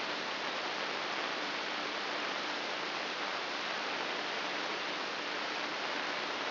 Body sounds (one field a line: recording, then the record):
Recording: brain microelectrode recording played as sound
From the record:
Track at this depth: inside the subthalamic nucleus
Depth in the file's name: 4.385 mm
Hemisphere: left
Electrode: 2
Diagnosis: Parkinson's disease